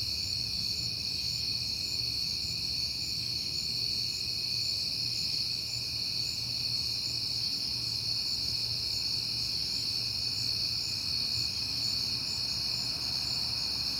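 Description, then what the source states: Crickets keep up an unbroken high-pitched chorus, many insects trilling together at several pitches, while a soft low rumble runs beneath. Crickets heard often in September; recorded at night on a peaceful night.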